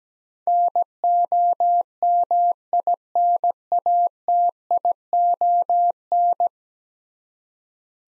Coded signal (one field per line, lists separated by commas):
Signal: Morse code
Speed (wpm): 17 wpm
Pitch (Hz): 700 Hz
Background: none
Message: NOMINATION